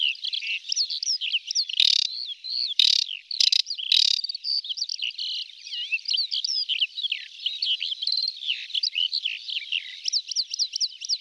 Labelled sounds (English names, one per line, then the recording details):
Aquatic Warbler song
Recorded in the wild
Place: Nagyivan / Hortobagy Nationalpark, HU
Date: 1990-05-15
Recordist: Schwarz, Dieter